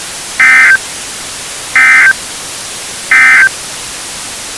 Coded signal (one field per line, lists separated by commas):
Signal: Emergency Alert System (SAME) tones